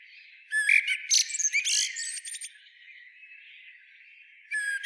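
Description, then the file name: Eurasian blackbird with one brief burst of squeaky, chattering notes and a thin whistle, then near quiet before another high phrase begins at the end. "Turdus merula"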